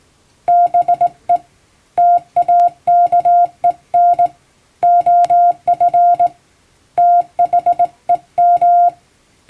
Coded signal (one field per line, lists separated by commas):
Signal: Morse code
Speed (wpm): 19 wpm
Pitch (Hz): 700 Hz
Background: none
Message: BE TAKEN OF THEM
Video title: 毎日聴いてモールストレーニング！アマチュア無線ハムの受信練習用に綺麗な手打ちで平文の欧文モールス信号を叩いてみました。YouTubeの再生速度を調整して聴こう(morse code learning)